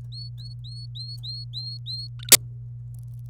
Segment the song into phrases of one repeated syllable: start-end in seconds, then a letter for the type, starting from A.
0.12-2.08 A, 2.19-2.32 B